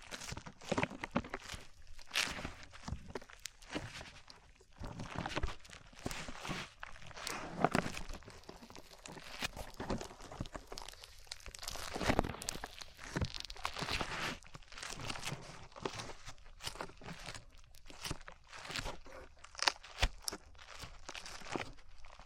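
Sticky slime being squished and pulled, a dense run of wet crackles, pops and crinkly snaps with no pauses. The sounds are bright and irregular, coming in quick bursts, with a few louder squelches around 2, 8 and 12 seconds.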